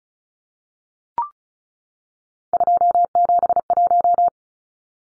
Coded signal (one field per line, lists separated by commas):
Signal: Morse code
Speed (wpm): 34 wpm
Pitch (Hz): 700 Hz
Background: none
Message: 271